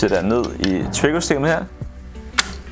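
The spear shaft of a speargun is pushed down into the trigger mechanism while someone talks. A sharp click at 2.4 s marks the spear catching and seating, so it is now held fast.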